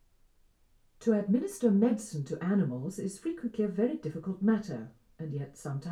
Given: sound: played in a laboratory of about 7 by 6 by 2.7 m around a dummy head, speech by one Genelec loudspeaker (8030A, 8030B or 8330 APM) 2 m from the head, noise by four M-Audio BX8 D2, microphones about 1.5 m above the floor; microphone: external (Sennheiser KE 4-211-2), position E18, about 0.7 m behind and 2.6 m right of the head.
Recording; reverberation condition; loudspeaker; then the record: female speech in English; low; 90 degrees to the right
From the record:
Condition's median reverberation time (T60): about 310 ms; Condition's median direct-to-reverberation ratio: about 3.5 dB